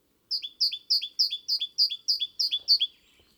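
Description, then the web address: Great tit producing an even, rapid string of about ten paired high notes, clean and evenly spaced. "SETE data Parus major"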